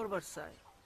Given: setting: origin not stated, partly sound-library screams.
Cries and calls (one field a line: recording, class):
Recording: one-second piece from a danger detection set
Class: normal situation